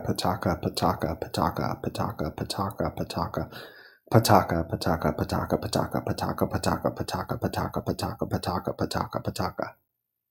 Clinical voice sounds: repeated syllables /pa ta ka/; male; 30 to 39 years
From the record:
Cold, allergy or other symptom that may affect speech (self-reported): no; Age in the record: 38 years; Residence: Nevada, United States

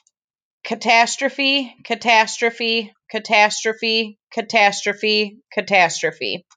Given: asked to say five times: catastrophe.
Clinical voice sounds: repeated word; female; 20 to 29 years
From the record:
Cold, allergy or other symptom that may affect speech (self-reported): no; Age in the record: 29 years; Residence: Michigan, United States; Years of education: 14

